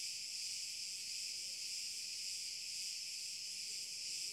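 Cicada song, a steady unbroken high hissing drone without pauses throughout.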